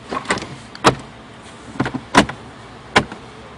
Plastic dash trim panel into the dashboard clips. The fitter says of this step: gonna take your time pushing everything back down snaps into place